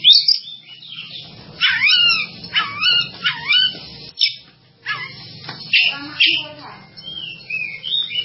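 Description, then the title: Java sparrow song: bursts of high chirps and bubbling, sliding notes, arriving in clusters separated by short pauses, with a faint low hum underneath. "kicau gelatik"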